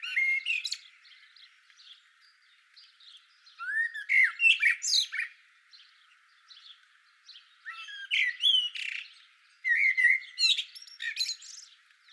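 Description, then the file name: Common blackbird song: several phrases, each a low fluted whistle followed by a squeaky high twitter, separated by short pauses. "Turdus merula"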